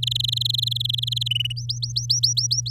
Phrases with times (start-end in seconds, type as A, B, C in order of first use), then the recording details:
0.02-1.28 A, 1.30-1.52 B, 1.56-2.70 C. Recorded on 11 May 2018 at 06:02. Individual llb16